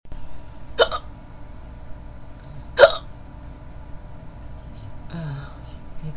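Two sharp, abrupt hiccups about two seconds apart from an adult late at night, over a low steady hum, then a brief faint vocal sound.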